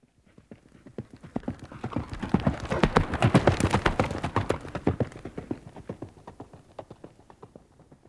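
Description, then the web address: Horse galloping: rhythmic hoofbeats in quick groups that grow louder toward the middle and then fade away. Horse galloping past. "horse-gallop-by-medium-2"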